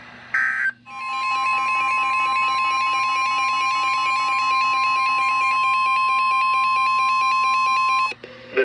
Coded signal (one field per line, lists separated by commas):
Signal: Emergency Alert System (SAME) tones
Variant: 1050 Hz attention tone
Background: music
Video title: EAS Alerts Of 2019